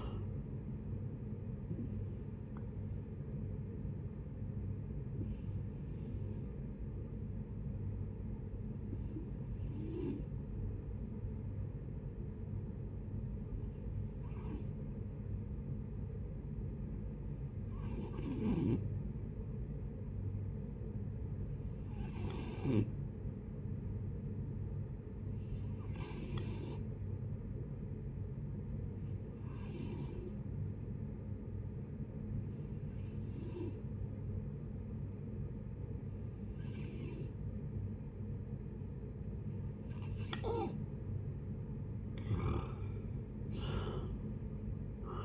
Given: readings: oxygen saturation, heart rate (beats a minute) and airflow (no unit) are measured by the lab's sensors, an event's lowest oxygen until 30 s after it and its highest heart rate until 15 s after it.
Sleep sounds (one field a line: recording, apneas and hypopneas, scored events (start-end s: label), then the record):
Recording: breathing in sleep by a smartphone at the bedside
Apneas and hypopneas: 1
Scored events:
3.00-40.80 s: hypopnea (N1, oxygen 94% highest, then 83% lowest, heart rate 76 at the start, 78 highest)
15.00-45.25 s: new sleep stage, N2 (light sleep)
From the record:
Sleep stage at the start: N1 (lightest sleep)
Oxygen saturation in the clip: 86 to 94%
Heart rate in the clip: 57 to 76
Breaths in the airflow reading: 12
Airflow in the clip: -6.9 to 10.7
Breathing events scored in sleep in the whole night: 496 in 5.4 hours asleep